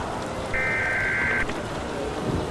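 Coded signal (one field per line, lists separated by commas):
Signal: Emergency Alert System (SAME) tones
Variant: header bursts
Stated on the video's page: EAS tones created with EAS simulation software for a fictional zombie apocalypse scenario.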